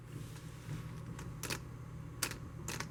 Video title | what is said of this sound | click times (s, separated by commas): How to Uncrate and Setup a Marine Ecological Habitats Lobster Tank | simply push the two ends together till it snaps once you're locked | 2.2 s